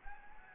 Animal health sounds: mosquito wingbeat signal from an infrared sensor; Anopheles gambiae

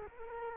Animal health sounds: mosquito wingbeat signal from an infrared sensor; Culex quinquefasciatus

